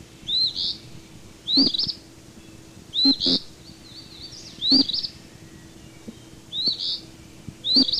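Eastern phoebe uttering rapid, harsh double notes at short intervals, six or so bursts, with light tapping sounds and a constant low hum.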